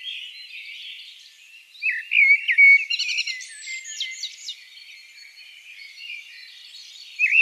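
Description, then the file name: Common blackbird song: faint twittering at first, then a rich whistled phrase with thin scratchy trills, trailing into soft warbles before a final note. "Turdus merula"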